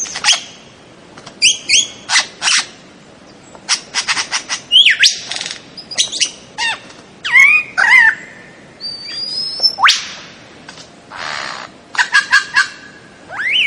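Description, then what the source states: Bird song mixing clicks, sharp chirps and thin rising whistles in irregular bursts, with a brief steady whistle near the middle. Bird ringtone with a melodious voice.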